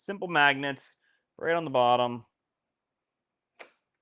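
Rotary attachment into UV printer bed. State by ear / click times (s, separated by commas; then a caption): seated / 3.6 s. Someone talks, then the heavy xTool OR1 rotary attachment, held by simple magnets on its bottom, is set down into the bed area of the xTool O1 Omni UV printer. A single sharp snap is heard at 3.6 s as it lands and seats.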